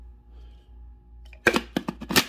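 A plastic attachment from a Vavsea 5-in-1 hand blender set, possibly the juicer piece, is handled and pushed onto its mating part. After a low steady hum, a burst of sharp plastic knocks and clacks is heard from about 1.5 s to 2.2 s. Nothing has seated or clicked into place yet.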